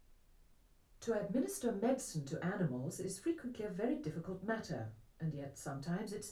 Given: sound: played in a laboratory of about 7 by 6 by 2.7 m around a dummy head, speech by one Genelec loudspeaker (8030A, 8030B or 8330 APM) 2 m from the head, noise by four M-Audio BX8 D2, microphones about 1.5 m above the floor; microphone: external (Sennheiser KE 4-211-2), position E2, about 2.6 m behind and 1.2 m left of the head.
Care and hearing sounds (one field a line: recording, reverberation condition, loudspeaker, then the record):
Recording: female speech in English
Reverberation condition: low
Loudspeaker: 120 degrees to the right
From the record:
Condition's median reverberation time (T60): about 310 ms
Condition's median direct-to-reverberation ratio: about 3.5 dB